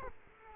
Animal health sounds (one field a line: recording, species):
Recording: mosquito wingbeat signal from an infrared sensor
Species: Culex quinquefasciatus